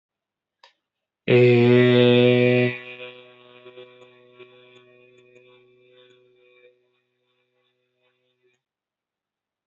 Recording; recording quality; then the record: sustained vowel as in made; excellent, no background noise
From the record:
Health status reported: healthy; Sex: male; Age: 23 years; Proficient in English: yes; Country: India